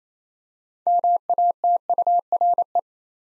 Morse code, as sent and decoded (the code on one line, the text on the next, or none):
-- .- - ..- .-. .
MATURE